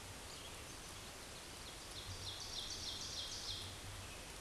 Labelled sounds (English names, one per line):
Ovenbird song